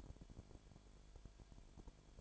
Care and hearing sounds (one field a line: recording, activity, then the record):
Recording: daily activity, microphone in the room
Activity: no activity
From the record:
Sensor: 5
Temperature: 19.9 degrees Celsius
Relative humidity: 35.6%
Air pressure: 1003.4 hPa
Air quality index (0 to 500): 57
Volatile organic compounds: 1 ppm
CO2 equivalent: 638 ppm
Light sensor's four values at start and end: 2/3/1/1 and 2/3/1/1